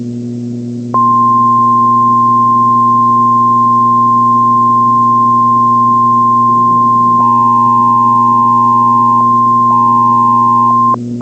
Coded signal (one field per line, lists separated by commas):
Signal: Emergency Alert System (SAME) tones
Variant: 1050 Hz attention tone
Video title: The Big One (EAS Scenario)